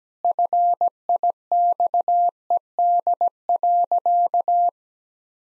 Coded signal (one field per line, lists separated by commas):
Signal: Morse code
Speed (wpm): 17 wpm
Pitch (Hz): 700 Hz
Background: none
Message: FIXED.